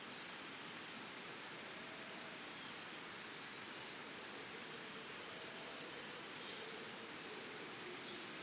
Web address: Big Room Sound Birds Crickets Costa Rica Early Morning 4